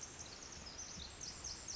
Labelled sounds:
Pacific Wren
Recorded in Sonoma County, California

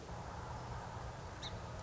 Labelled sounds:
Song Sparrow
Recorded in Sonoma County, California

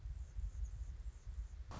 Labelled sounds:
Anna's Hummingbird
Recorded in Sonoma County, California

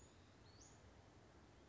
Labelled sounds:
Western Flycatcher
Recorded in Sonoma County, California

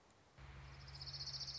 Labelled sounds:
Orange-crowned Warbler
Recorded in Sonoma County, California

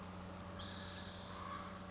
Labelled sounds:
Spotted Towhee
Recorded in Sonoma County, California

